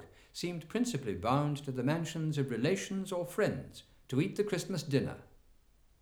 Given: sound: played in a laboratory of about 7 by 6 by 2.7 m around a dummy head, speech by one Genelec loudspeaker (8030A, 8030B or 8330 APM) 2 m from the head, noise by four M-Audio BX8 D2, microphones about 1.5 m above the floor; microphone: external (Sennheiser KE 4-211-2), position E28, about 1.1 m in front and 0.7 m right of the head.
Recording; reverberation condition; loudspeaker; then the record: male speech in English; medium; 30 degrees to the right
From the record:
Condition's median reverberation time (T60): about 510 ms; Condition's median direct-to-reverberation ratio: about -0.5 dB